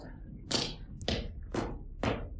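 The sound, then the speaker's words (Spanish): Four heavy footsteps thud up a staircase at a steady, unhurried pace, each step a dull, weighty knock over a low background rumble. “Y ahora vuelve a subir.”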